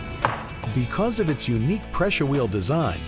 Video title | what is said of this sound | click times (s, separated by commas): RoofonEdge Automatic Hand Welding Guide and Details for TPO Accessories - GAF Product Overview | narrower drive wheel on the roof on edge can be adjusted to weld on curves for special roofing accessories by pulling the wheel away from the body of the welder until you hear a click | 0.2 s